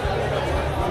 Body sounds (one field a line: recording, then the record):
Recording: background sound without coughing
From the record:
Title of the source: CITY SOUNDS Busy Bar in the Evening Night - 2 HOURS of Ambiance for Relaxation